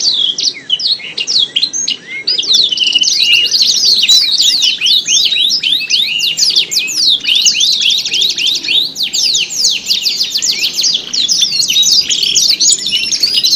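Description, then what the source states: Canary song, a dense, continuous run of fast high chirps, trills and sweeping notes, with a faint buzzy layer above. Simulated canary singing contest with tutor songs (isian), part 3.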